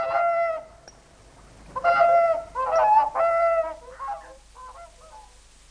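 Whooper swan honks, loud trumpet-like notes in a few strong bursts, fading to softer, quieter calls near the end.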